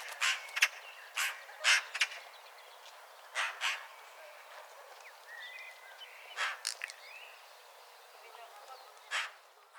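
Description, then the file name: Eurasian magpie uttering rasping, noisy chacks in quick pairs early on, then quieter, with faint whistles of other small birds in the background. "Pica pica"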